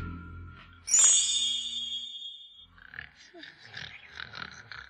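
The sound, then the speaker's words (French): A bright ringing tone swells and fades, then several rough, grunting snores overlap in an uneven rhythm as a captain and his companions, having emptied a barrel of wine, snore together. “Le tonneau fut bientôt vidé et toute la compagnie se mit à ronfler.”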